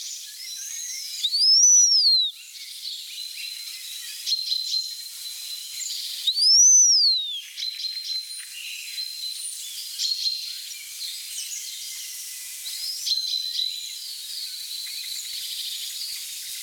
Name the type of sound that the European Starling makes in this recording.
song